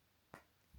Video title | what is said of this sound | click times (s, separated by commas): Let's Build a Gundam | There we go. There we go. Little click. | 0.3 s